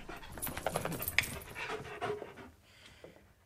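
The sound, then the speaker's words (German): A dog on a sofa pants in quick, breathy bursts, a steady rhythm of airy huffs with a few faint whimpery tones, fading softer toward the end. “Rufen Sie den Hund zurück. Der hat auf dem Sofa nichts verloren.”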